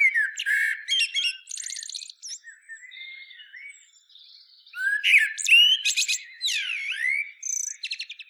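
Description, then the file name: Common blackbird song: a mellow warble with high squeaky flourishes, a softer stretch of subdued notes, then a loud rising fluted phrase with twittered ends. "Turdus merula"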